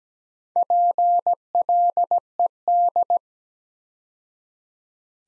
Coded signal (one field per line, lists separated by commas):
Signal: Morse code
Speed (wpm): 17 wpm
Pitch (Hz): 700 Hz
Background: none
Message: PLED